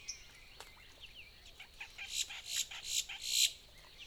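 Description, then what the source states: Boat-tailed grackle, harsh buzzy notes building from soft to loud in quick succession during the second half, with scattered high chirps and a constant high hum behind. Recorded 14 April 2018.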